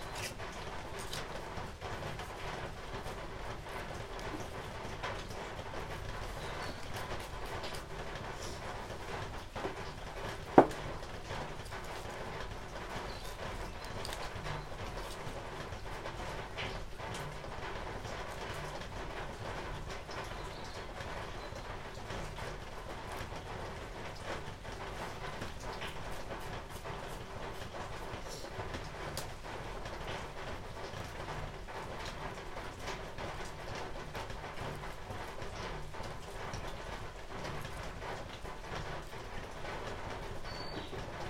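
Cold, gentle rain falls steadily, a soft, even patter that stays at one level throughout. A low rumble sits underneath, like traffic or a passing train, and a single sharp tap stands out near the ten-second mark.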